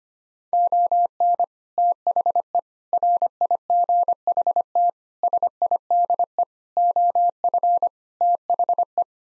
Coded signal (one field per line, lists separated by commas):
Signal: Morse code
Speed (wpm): 25 wpm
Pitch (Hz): 700 Hz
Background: none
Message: ON THE RIGHT SIDE OF THE